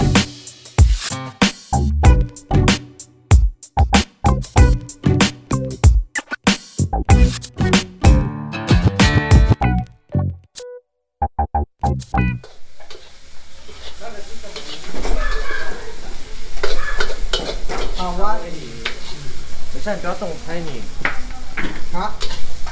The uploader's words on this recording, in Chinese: 收音設備：手機Iphone11、SAIREN VM-Q1。除夕夜圍爐 炒年糕 臘肉 部落煙火 家人聚聊。